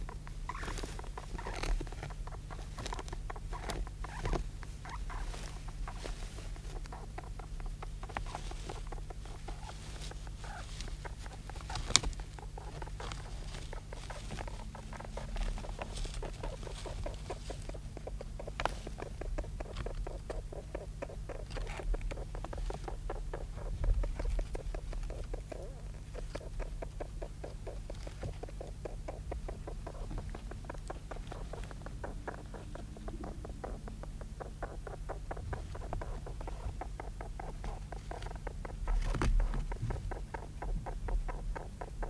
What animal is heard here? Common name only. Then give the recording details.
European Mole. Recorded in captivity. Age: juvenile. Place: Zoologisches Institut der HUB, Berlin, DE. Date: 1967-04-02. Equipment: SJ 103/2, Studioband Agfa PE 22. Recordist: Tembrock, Günter. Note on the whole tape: Wahrscheinlich junges Männchen: Laute beim sich-unterkuscheln unter ein Tuch. Tier wurde während eines Kampfes mit einem Männchen am 2.4.1967 von Dr. Peters gefangen. Aufnahme in Schallkammer